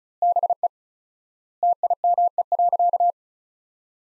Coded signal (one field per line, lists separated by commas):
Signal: Morse code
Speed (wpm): 36 wpm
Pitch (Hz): 700 Hz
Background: none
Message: BE TIME.